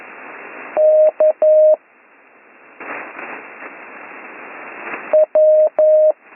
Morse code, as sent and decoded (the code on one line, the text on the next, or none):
-.- / .--
K W